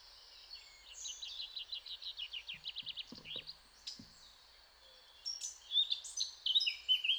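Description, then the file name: Eurasian blackcap singing: a fast run of short repeated high notes, a few low knocks midway, then a loud, clear fluty warble in the final two seconds. "Sylvia atricapilla"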